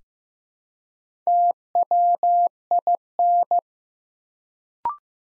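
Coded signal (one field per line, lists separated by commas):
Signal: Morse code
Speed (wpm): 15 wpm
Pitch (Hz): 700 Hz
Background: none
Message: TWIN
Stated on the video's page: Morse practice at 15 wpm building 4-letter words one letter at a time, for instant character recognition.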